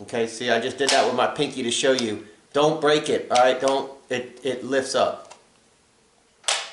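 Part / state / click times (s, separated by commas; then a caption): fold-out phone holder bracket on a drone remote controller / seated / 6.5 s. Someone talks while lifting the fold-out phone holder bracket on a Snaptain A15H foldable drone's remote controller into position with a pinky finger. After a short quiet pause, a sharp click is heard at 6.5 s as the bracket snaps into place and locks.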